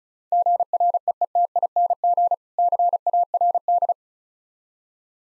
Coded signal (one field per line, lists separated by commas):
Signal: Morse code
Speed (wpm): 36 wpm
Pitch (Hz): 700 Hz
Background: none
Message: GREETING CARD